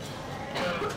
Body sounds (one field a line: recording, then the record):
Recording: coughing mixed with background sound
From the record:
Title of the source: Barking cough - # 10